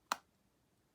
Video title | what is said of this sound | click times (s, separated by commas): I for Inks Gilly Hunt's A-Z of Stampin' Up! products | it goes listen little click and that way you know this is now totally solid | 0.1 s